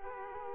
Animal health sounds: mosquito wingbeat signal from an infrared sensor; Culex quinquefasciatus

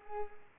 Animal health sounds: mosquito wingbeat signal from an infrared sensor; Culex pipiens

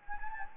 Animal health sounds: mosquito wingbeat signal from an infrared sensor; Anopheles gambiae

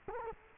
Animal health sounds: mosquito wingbeat signal from an infrared sensor; Culex quinquefasciatus

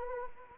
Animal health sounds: mosquito wingbeat signal from an infrared sensor; Anopheles arabiensis

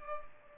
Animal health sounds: mosquito wingbeat signal from an infrared sensor; Culex pipiens

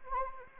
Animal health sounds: mosquito wingbeat signal from an infrared sensor; Anopheles arabiensis

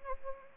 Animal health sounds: mosquito wingbeat signal from an infrared sensor; Anopheles arabiensis

